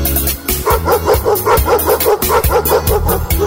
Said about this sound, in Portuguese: Meu cachorro me sorriu latindo.